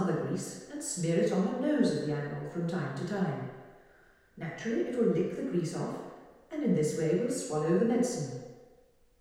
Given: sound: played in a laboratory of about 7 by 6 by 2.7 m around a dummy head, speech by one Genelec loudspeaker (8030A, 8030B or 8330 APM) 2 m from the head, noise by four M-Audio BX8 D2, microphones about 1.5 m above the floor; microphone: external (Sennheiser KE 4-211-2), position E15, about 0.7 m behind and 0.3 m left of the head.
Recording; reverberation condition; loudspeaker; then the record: female speech in English; high; 30 degrees to the left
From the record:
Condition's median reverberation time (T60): about 1300 ms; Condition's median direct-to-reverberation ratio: about -4.0 dB